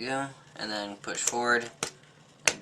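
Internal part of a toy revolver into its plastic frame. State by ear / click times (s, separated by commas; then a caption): seated / 2.5 s. While reassembling a UA-937 Magnum toy revolver, a plastic internal part is pushed forward and down into its plastic frame as someone talks. One sharp click is heard at 2.5 s as the part locks into place.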